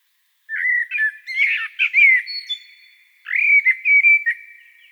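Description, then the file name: Common blackbird singing a rich, mellow warble that breaks into thin high squeaks, then resumes with another fluty phrase. "Turdus merula"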